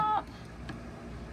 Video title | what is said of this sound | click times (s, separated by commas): 2007 BMW 328i Coupe - Halo Lightbulb (CC-ID 379) Installation | it just snaps back in there. | 0.7 s